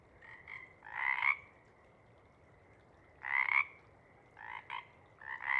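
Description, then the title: Pacific chorus frogs giving loud rasping ribbits in irregular bursts, with softer calls between them. Pacific chorus frog chorus at a pond in pre-morning twilight as late night wanes; temperature torpor sets in, individuals leave to hunt; chorus breaks into successive waves circling the pond, then staccato sections tapering away. "Chorus Frogs, Chorus Waxes and Wanes, pre-morning-twilight"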